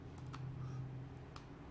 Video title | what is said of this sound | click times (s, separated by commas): EKSA E900 Pro - Δείτε τα εντυπωσικά 7.1 Virtual Surround ακουστικά για Gaming σε PC, PS4, PS5! | Τακ, κλείδωσε, δεν βγαίνει με τίποτα. | 1.4 s